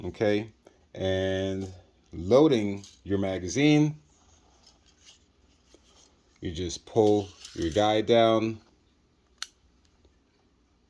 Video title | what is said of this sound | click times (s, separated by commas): Tippmann TiPX Unboxing & First Shots #tippman #tipx | snaps into place. | 9.4 s